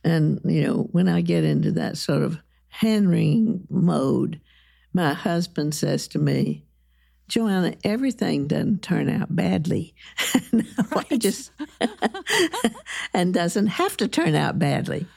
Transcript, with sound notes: And, you know, when I get into that sort of hand-wringing mode, my husband says to me, "Joanna, everything doesn't turn out badly." [Laughs] And I just—and doesn't have to turn out badly.